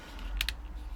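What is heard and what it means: A plastic leg or vehicle panel on a Transformers Studio Series 86 Commander Class Optimus Prime action figure is folded up and pushed into the figure's body. Two sharp clicks sound at 0.4 s and 0.5 s over a low background hum as the panel locks into place, seated.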